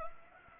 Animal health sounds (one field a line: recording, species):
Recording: mosquito wingbeat signal from an infrared sensor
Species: Anopheles gambiae